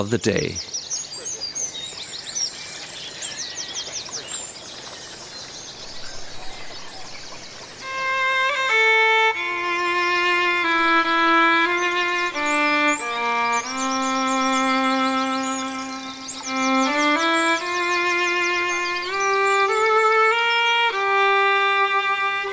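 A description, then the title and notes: A dawn chorus of birds opens with dense, high, twittering calls overlapping for the first eight seconds. Then a louder, sustained melodic tone enters, holding notes and stepping between pitches every second or so, while the birdsong carries on faintly above it. The Dawn Chorus. De Chouer vum fréie Mueren. Eng ganz Stonn Villerchers Gesank live presentéiert an iwwerdroen vum iresche Radio RTE.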